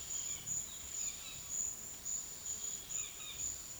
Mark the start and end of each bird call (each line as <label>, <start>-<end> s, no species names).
bird call, 0.05-3.46 s